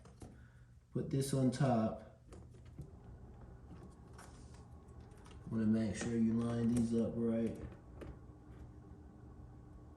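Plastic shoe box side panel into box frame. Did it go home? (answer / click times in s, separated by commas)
no / none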